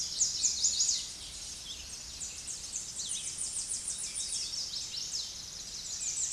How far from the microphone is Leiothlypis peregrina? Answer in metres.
about 5 m